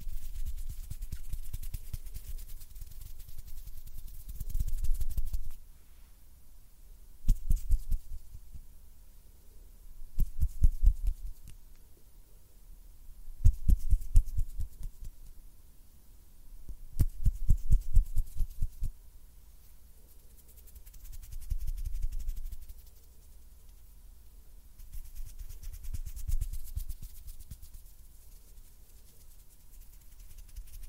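Close-up finger fluttering and hand sounds come in bursts about every three to four seconds, some soft low rubbing swells, others rapid clusters of tiny taps. Between bursts there is near silence with a faint low hum.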